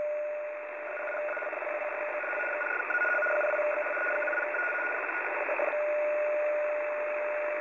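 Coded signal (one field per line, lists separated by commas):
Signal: RTTY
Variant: 75 baud, 850 Hz shift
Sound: rapid warbling between two widely spaced tones in hiss, ending on a steady tone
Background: radio static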